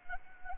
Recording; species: mosquito wingbeat signal from an infrared sensor; Anopheles arabiensis